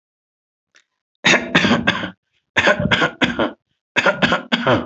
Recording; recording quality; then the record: shallow voluntary cough; excellent, no background noise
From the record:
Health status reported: healthy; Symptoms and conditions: hypertension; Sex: male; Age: 52 years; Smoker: not ticked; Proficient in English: yes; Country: India